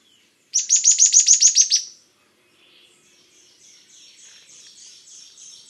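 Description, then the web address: Bird trill: a fast burst of several high, sharp notes lasting over a second, then faint, thin twittering notes that continue quietly to the end. "BIRD 2015 SABIOD 50 bird 2015"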